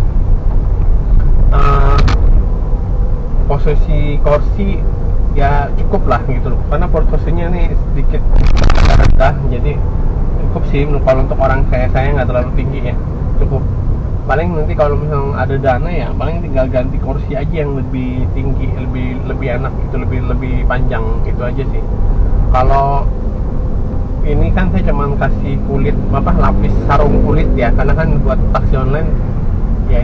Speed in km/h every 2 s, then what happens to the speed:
33, 33, 34, 34, 32, 36, 36, 34, 32, 31, 34, 36, 37, 37, 36.
0-18 steady at about 33. 18-26 speeds up to 37.